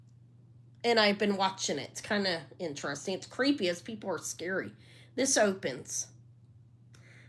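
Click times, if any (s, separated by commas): 7.0 s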